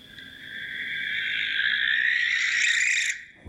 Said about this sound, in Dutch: Kerkuil.